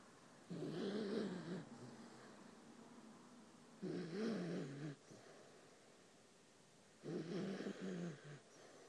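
Three rough, rattling snores with a wavering low pitch, each lasting about a second, spaced roughly three seconds apart, about 19 a minute. Quiet breathing fills the gaps. A sleeping schnauzer snoring steadily.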